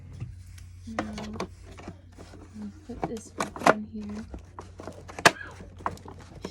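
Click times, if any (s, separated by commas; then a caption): 5.3 s. Someone talks while a cleaned, removable plastic part is pressed back onto the body of a Dirt Devil upright vacuum cleaner, with a few light plastic knocks as it is fitted. A sharp click at 5.3 s marks the part seating back in place, confirmed as properly reattached.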